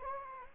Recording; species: mosquito wingbeat signal from an infrared sensor; Anopheles arabiensis